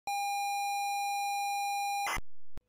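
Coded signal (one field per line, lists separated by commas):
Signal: ZX Spectrum tape loading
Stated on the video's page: ZX Spectrum game tape loading signal played from a phone via jack cable as a tape loader.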